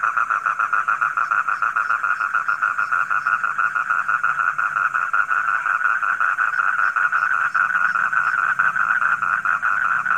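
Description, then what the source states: Frog calling in a dense, continuous run of fast pulsed croaks that holds steady in pitch and loudness throughout. Heard at night.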